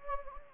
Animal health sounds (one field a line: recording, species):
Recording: mosquito wingbeat signal from an infrared sensor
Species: Anopheles gambiae